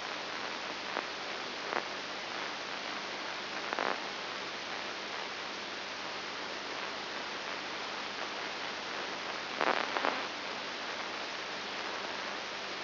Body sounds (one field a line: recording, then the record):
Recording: brain microelectrode recording played as sound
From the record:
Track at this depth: inside the subthalamic nucleus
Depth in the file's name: 4.102 mm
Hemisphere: left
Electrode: 3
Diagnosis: Parkinson's disease